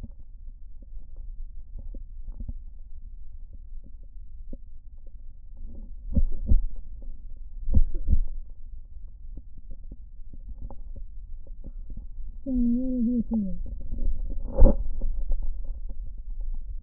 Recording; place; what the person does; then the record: lung sounds by stethoscope; left posterior basal chest; quiet breathing, then cough and speech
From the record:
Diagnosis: interstitial lung disease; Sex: male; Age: 47 years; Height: 159 cm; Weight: 66.8 kg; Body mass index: 26.4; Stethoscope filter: diaphragm mode